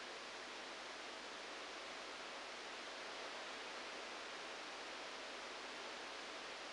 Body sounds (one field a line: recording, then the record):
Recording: brain microelectrode recording played as sound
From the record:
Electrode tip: outside the subthalamic nucleus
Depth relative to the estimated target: -2 mm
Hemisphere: right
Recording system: NeuroSet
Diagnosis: Parkinson's disease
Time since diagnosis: 9 years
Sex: male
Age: 56 years